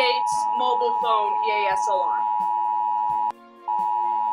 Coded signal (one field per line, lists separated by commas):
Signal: Emergency Alert System (SAME) tones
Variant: 853 and 960 Hz attention tone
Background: speech, music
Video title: Rating EAS Alarms Around the World Part 2 (Labor Day Special)